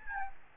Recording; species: mosquito wingbeat signal from an infrared sensor; Aedes albopictus